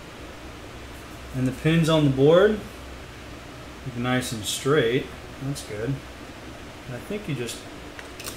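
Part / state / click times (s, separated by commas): CPU socket retention lever on a motherboard / not seated / none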